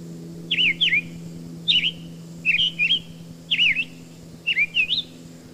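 Summer Tanager song: slurred whistled notes in short groups of two or three about a second apart, rising and dropping, over a steady low hum.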